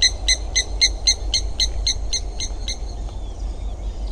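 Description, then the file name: Spur-winged lapwing calls: a rapid series of sharp, metallic notes repeated about four times per second, stopping before the end, over steady low rumbling background noise. "avefriarmada"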